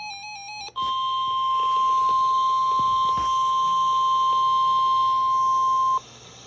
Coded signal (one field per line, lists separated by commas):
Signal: Emergency Alert System (SAME) tones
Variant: 1050 Hz attention tone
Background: music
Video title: Well I wasn't expecting that!! TOR (EAS#15)